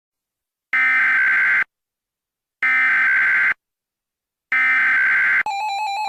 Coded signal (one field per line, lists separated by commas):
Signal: Emergency Alert System (SAME) tones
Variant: header bursts